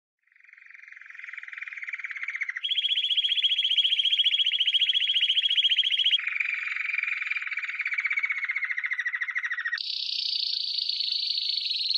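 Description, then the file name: Canary song fading in with a low trill, stepping up to a higher fast roll, down to a lower falling roll, then up to a high trill. "Canary Voice"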